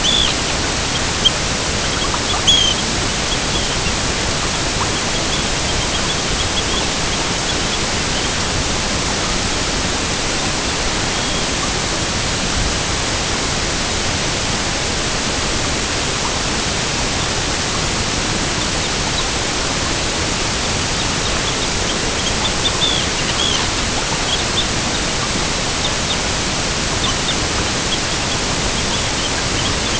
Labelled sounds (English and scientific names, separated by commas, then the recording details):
Arctic Tern (Sterna paradisaea)
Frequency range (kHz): Arctic Tern (Sterna paradisaea) 2.3-7.2 kHz
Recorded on Arctic tundra, site EABA-MC, on 22 June 2019
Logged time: 16:00